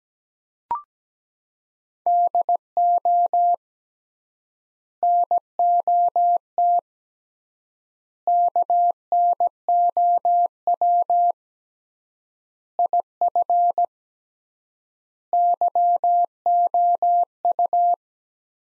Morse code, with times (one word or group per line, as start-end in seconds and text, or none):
2.1-3.5 DO
5.0-6.8 NOT
8.3-11.3 KNOW
12.8-13.9 IF
15.3-17.9 YOU